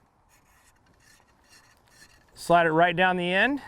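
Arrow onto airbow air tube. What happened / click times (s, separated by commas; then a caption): The arrow is being slid onto the tube but has not yet clicked into place / none. An arrow is lined up with an airbow's air tube and started sliding down it, making faint rubbing and handling sounds with a small tick near 1.9 s. Someone talks from about 2.5 s to the end. Nothing has seated or clicked yet.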